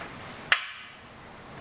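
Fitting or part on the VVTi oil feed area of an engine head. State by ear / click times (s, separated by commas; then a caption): seated / 0.5 s. During 2JZ engine assembly, a fitting or part on the VVTi solenoid oil feed area of the engine head is fitted and gives one sharp click at 0.5 s, with a short ringing tail that fades by about 0.8 s. The part seats in place, though the fittings still need tightening.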